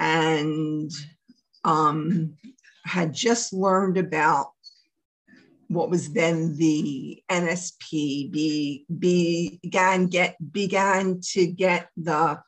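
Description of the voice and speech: Adult woman who stutters, a former covert stutterer, speaking with stuttering: pauses, prolonged sounds and repetitions, as in "bi... bi... began to get, began to get".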